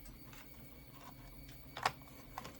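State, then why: Seated. After hooking the back in first, a plastic housing part is pushed home into the body of a Philips Azur steam iron. A few faint handling sounds lead to a sharp snap at 1.9 s, followed by a smaller tick at 2.4 s. The part is now fully seated and flush, ready for its screw.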